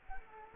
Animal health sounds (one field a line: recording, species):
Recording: mosquito wingbeat signal from an infrared sensor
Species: Culex quinquefasciatus